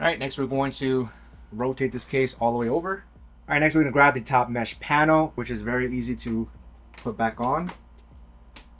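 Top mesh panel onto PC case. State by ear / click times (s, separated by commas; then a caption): seated / 8.6 s. Someone talks while a Lian Li Lancool 217 White Wood PC case is rotated all the way over and its top mesh panel is pressed back onto the case. A short click is heard at 8.6 s as the top mesh panel snaps into place, seated.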